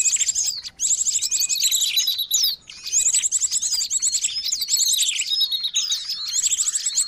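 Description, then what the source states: Birds chirping in a dense, noisy chorus, with rapid high trills and squeaky notes, barely pausing. Noisy birds used as a lure for attracting birds.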